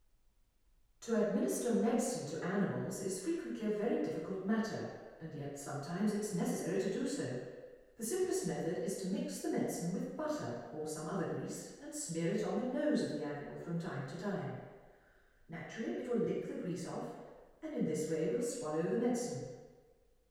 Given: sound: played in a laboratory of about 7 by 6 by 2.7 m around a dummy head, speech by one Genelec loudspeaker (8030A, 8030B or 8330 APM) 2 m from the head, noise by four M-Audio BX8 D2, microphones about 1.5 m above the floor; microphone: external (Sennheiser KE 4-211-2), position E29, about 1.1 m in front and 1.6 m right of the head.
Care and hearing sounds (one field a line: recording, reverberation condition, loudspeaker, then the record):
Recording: female speech in English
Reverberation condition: high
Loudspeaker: 120 degrees to the left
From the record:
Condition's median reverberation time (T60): about 1300 ms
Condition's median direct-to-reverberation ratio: about -4.0 dB